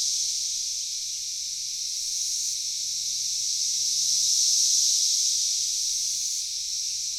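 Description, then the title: Cicada chorus, a steady high-pitched hiss-like drone, gradually building to a peak midway before easing slightly toward the end. Cicadas calling in a backyard in Knoxville, Tennessee, USA. "3619 Alpine Dr SE, Knoxville, TN 37920, USA - Backyard Cicadas"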